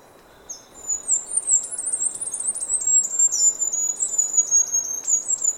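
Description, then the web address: Golden-eyed flowerpiercer delivers an unbroken, rapid stream of thin, very high twittering notes that drift gently downward for about five seconds. Recorded in Ecuador. "Birds of Ecuador Golden-eyed Flowerpiercer"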